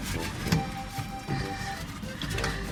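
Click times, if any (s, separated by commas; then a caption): none. A plastic cover or switch part is pushed into the steering column of a VW Beetle during an ignition switch replacement, with short knocks of handling near 0.5 s and 2.2 s over steady background music. The part is still being handled and nothing has seated or clicked yet.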